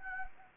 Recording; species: mosquito wingbeat signal from an infrared sensor; Anopheles gambiae